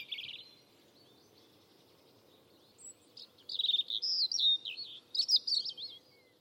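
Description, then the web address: European robin, one short high note, then after a pause a longer phrase of rapid, rising and falling thin whistles and trills; otherwise quiet. "Deverinetal 2025"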